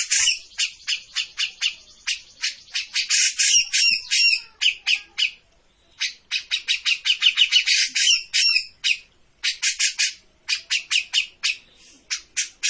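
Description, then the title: Grey-cheeked bulbul producing long runs of rapid, harsh rasping notes in phrases separated by short pauses, steady and energetic throughout. Master for bird training; singing actively (gacor). "Cucak Jenggot Gacor. Masteran burung cucak jenggot ! Suaka burung"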